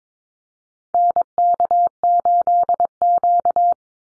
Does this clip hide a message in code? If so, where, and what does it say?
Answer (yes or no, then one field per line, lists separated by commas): yes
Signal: Morse code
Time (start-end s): 0.9-3.7 s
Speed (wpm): 22 wpm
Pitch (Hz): 700 Hz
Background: none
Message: NK8Q